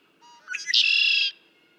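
Red-winged blackbird song: a few short introductory notes, then a loud, buzzy, rattling trill lasting about half a second.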